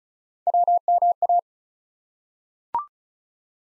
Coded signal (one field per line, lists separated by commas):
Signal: Morse code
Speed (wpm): 36 wpm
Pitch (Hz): 700 Hz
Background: none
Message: WMA